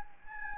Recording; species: mosquito wingbeat signal from an infrared sensor; Anopheles gambiae